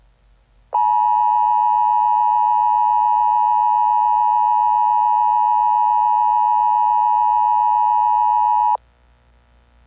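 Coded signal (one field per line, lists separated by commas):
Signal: Emergency Alert System (SAME) tones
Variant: 853 and 960 Hz attention tone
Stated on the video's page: Fictional EAS scenario; simulated, not a real alert.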